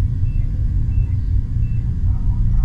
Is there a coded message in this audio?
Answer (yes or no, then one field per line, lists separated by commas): no